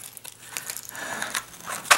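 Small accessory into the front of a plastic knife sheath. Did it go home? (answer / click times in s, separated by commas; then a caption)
no / none. A small plastic accessory from a toy survival knife kit is handled against the front of a plastic knife sheath, producing crinkling, rustling handling sounds with a few sharper handling knocks near the end. The clip stops before the accessory snaps into the front pocket, so nothing has seated or clicked yet.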